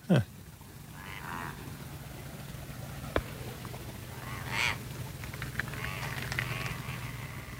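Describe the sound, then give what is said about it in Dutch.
A few razorbills sitting in the water just off a dike call to each other: a few rough, growling, bleat-like calls come in separate bursts over a steady low rumble, with a sharp knock partway through. “Er zitten hier een paar alken gewoon voor de dijk in het water met elkaar te kletsen.”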